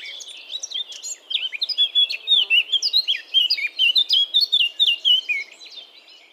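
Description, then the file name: Eurasian blackcap song of quick, fluty whistled notes delivered in a fast stream, clear and melodic, with a quieter scratchy lead-in. "Sylvia atricapilla"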